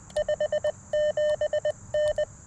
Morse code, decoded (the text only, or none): 57N